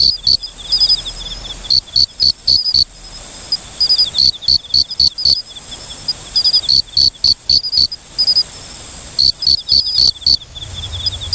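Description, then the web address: Forest okame cricket chirping in short runs of four to six sharp pulses, several runs in sequence, over a faint continuous high insect trill. "sikioto insect moriokamekourogi"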